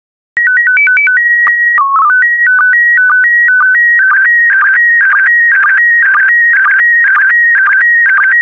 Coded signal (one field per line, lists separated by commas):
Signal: SSTV (slow-scan television)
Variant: PD 120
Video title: 72041 Christmas SSTV PD120